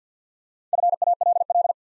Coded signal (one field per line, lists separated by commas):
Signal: Morse code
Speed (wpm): 50 wpm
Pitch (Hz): 700 Hz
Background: none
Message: FALL